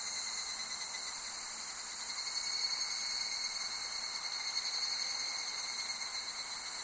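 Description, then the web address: Insects trilling together in an unbroken high-pitched wall of sound, several layered bands of buzzing holding steady throughout, with a faint lower tone underneath. Summer insect ambience recorded in Japan. "Sound Effects-Foundation 1 AMBIENCE JAPANESE SUMMER INSECTS"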